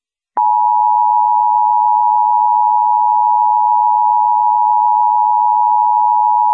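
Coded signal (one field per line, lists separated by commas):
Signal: Emergency Alert System (SAME) tones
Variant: 853 and 960 Hz attention tone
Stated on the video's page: Fake Emergency Alert System alert made for a creepypasta, with a Google Translate voice sped up; not real.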